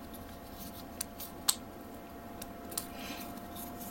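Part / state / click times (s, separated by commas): plastic model kit part into the weapon support frame / seated / 1.5 s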